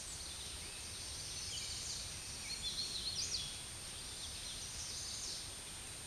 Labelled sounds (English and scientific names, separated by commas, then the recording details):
Hooded Warbler (Setophaga citrina) song
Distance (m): 60 m
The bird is about level with the microphone
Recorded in a Pennsylvania forest on 16 May 2024 at 09:40
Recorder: AudioMoth, point MSD-2494
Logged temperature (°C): 15.6 °C
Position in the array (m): 142 m, 128 m